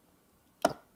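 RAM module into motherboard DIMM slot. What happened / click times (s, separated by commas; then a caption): The memory module latched into its slot / 0.7 s. A RAM stick is pushed all the way into a motherboard DIMM slot, and one sharp click sounds at 0.65 s before the sound fades back to quiet. The module is seated and correctly placed in the DIMM slot.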